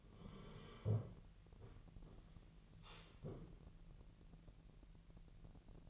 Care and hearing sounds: daily activity, microphone in the room; sit down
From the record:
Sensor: 4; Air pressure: 1002.8 hPa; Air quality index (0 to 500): 248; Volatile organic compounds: 30 ppm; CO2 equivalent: 2960 ppm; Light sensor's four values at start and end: 10/22/9/9 and 10/22/9/9

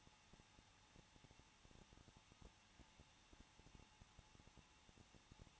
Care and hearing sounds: daily activity, microphone in the room; no activity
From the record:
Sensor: 1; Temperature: 20.1 degrees Celsius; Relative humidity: 39.3%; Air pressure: 1006.4 hPa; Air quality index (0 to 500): 218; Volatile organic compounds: 79 ppm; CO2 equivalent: 3600 ppm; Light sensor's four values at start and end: 1/2/1/1 and 1/2/1/1

